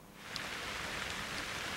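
Steady, soft hiss of rain starting to fall, a broad even wash of noise with a few faint droplet ticks scattered through it, quiet and unbroken with no voices.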